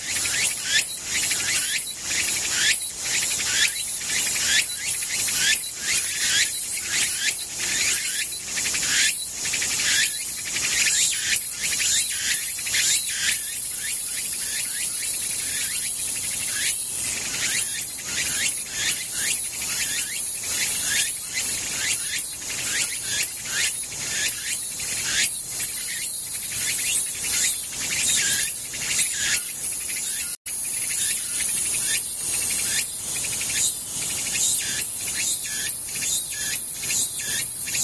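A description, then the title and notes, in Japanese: A dense chorus of insects trills and buzzes without pause, bright and high-pitched, with rapid ticking pulses running through it. The sound holds at an even level throughout, apart from a brief dropout just after the thirty-second mark. ツクツクホーシからムシ。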